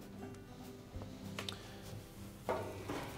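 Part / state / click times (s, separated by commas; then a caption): lid switch assembly into washer top panel / seated / 1.4 s, 1.5 s. A new plastic lid switch assembly is pressed up from below into the top panel of a Kenmore washer, with its locating tab aligned, until it locks into place. Over a steady low hum and faint tones, a pair of sharp, short clicks at 1.4 and 1.5 seconds marks the assembly seating, followed by a louder knock around 2.5 seconds.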